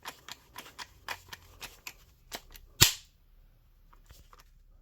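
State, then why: Seated. A plastic protective case is pressed onto a Milwaukee M12 power tool battery pack, giving a run of small plastic clicks and creaks over several attempts. The back of the case then snaps over the battery with a loud, sharp snap at 2.8 s, seating it in place, followed by near silence.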